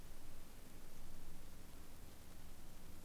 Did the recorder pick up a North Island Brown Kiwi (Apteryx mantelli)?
no